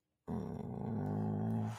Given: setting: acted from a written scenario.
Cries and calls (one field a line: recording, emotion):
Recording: vocal sound without words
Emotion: shame